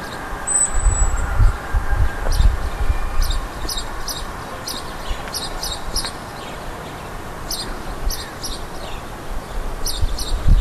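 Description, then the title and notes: Great tit song: repeated high two-note phrases in several series, with low rumbling noise underneath. Spring call of the great tit, recorded together with a bumblebee. "Hummel Und Kohlmeise. Audioaufnahme einer Hummel +dem "Frühlingsruf der Kohlmeise""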